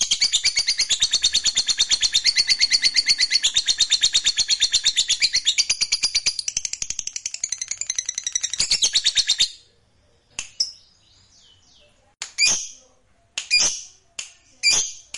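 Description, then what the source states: Lovebird delivering nine seconds of fast, harsh, chattering song in rapid pulses, then breaking off into a few scattered loud chirps. Fighter-type lovebird singing energetically (gacor).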